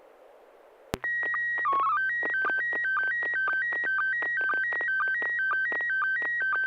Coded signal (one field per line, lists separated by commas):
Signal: SSTV (slow-scan television)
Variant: PD 120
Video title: N6NA SSTV Net - 04/22/2026